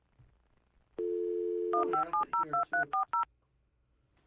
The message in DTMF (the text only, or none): 15702340